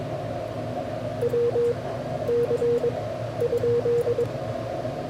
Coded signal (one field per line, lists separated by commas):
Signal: Morse code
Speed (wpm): 22 wpm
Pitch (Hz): 480 Hz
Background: radio noise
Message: WC ?